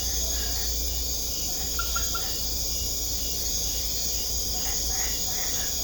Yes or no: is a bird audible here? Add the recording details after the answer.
no. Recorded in secondary vegetation near Puerto Asís, Putumayo, Colombia, on 16 December 2024 at 21:30. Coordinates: 0.500, -76.326. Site G065